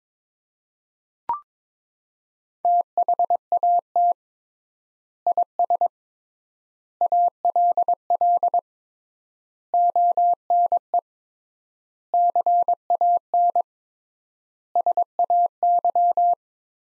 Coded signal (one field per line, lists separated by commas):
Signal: Morse code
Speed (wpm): 22 wpm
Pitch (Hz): 700 Hz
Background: none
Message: THAT IS ALL ONE CAN SAY